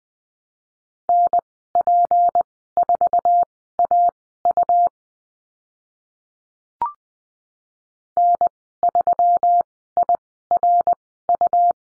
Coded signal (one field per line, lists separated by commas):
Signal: Morse code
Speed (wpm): 19 wpm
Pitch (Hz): 700 Hz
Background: none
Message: NP4AU N3IRU